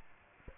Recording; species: mosquito wingbeat signal from an infrared sensor; Aedes aegypti